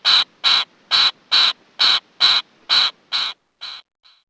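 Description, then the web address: Bird calls, a series of about ten harsh, buzzy notes, fading at the end, with no other sounds. Recorded in North America. "Peterson North American Birds"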